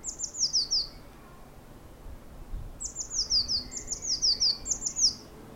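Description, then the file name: Eurasian blue tit singing very high, thin, quickly repeated downslurred notes in two bursts, the second longer, with a soft steady background hiss. "Cyanistes caeruleus"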